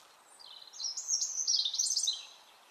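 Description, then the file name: European robin singing a dense, high, tinkling warble that builds and wavers for about a second and a half before fading away. "Erithacus rubecula"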